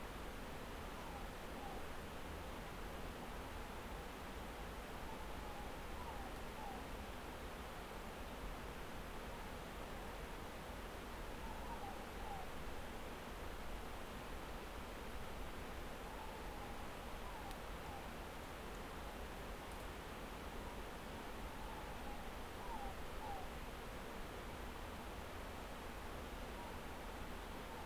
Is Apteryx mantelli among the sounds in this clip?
no